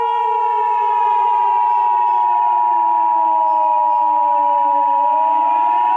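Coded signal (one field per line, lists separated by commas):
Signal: Emergency Alert System (SAME) tones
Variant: 853 and 960 Hz attention tone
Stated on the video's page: Mock tornado EAS alert with a heavily edited siren; screen made in Scratch.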